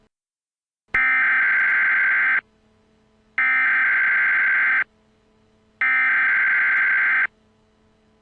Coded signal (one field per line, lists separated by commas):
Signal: Emergency Alert System (SAME) tones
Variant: header bursts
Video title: EAS Mock: Family Disputes Gone Bad